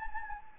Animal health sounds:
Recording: mosquito wingbeat signal from an infrared sensor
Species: Anopheles gambiae

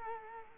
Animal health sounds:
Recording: mosquito wingbeat signal from an infrared sensor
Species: Culex quinquefasciatus

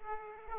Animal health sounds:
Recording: mosquito wingbeat signal from an infrared sensor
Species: Aedes aegypti

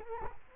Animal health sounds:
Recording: mosquito wingbeat signal from an infrared sensor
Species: Culex quinquefasciatus

